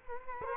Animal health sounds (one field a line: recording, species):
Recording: mosquito wingbeat signal from an infrared sensor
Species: Culex quinquefasciatus